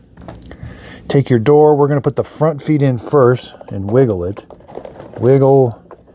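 The front feet of a plastic door on a Dreame L60 Ultra robot vacuum are put into the body first, and the door is wiggled into place while someone talks, with faint handling taps near the start. Nothing has seated or clicked yet.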